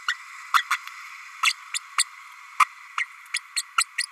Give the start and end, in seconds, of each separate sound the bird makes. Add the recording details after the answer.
0.08-0.14, 0.53-0.62, 0.70-0.77, 1.43-1.53, 1.74-1.79, 1.98-2.04, 2.60-2.65, 2.97-3.05, 3.34-3.39, 3.56-3.62, 3.77-3.85, 3.98-4.03. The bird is a female. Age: 32 days. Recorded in a nest box in Venezuela. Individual 17B32A5